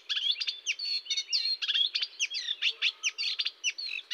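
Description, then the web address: Eurasian reed warbler song, rapid grating chirrups mixed with brief whistled notes in a quick chattering rhythm. "IVN Zangvogels 28-Kleine Karekiet"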